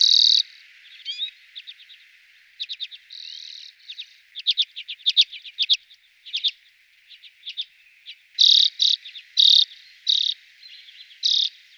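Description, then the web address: Common redpoll singing, with dry chattering note series, rapid twitters and several harsh buzzy bursts, all high-pitched and uneven in rhythm. Garden bird. "VOLIERE Les oiseaux de nos jardins. Sizerin flam� - Redpoll"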